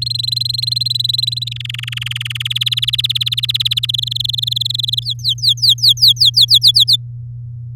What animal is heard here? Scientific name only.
Serinus canaria